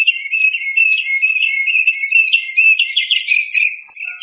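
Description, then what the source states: Bird: high, rapid, continuous warbling trill, rich with quick scratchy notes. Masteran tutor recording.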